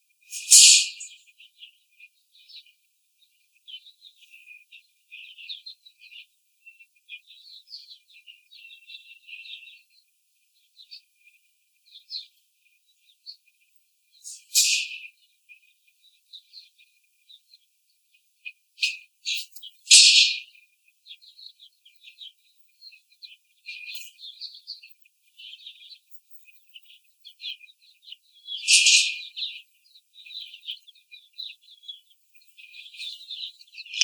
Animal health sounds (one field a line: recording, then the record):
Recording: young laying hens in a cage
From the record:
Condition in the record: after the stressor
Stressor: simulated dog barking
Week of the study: 4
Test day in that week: 2